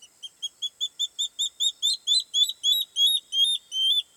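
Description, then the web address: Water thick-knee call, a run of piping whistles that starts short and soft, swells in volume and stretches into slower, longer drawn-out notes. At dawn. "Google Sounds Sound Matters. Water thick knee"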